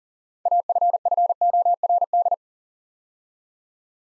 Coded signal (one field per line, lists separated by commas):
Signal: Morse code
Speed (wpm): 42 wpm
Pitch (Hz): 700 Hz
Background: none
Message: AFFORD